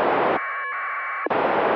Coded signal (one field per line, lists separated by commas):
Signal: packet radio (AX.25, as in APRS)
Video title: ISS packet QSO